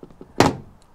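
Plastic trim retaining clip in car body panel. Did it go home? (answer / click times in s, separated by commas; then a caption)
released / 0.4 s. A plastic trim retaining clip in a car body panel has its release tab pressed to remove it. A few faint taps are followed by a loud thunk at 0.4 s as the clip pops out and comes free, then one more faint tap.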